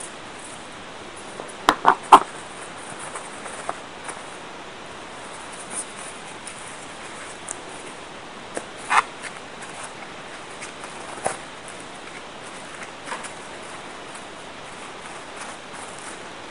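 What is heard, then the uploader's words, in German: Paper napkins being folded into roses, heard as soft crinkles and small taps over a steady, even hiss. A quick burst of sharper crackles comes near the two-second mark, then scattered light rustles and clicks follow every second or so. Serviettenrosen Basteln.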